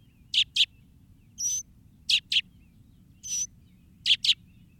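Northern mockingbird giving harsh paired chips alternating with single raspy notes, over low background noise.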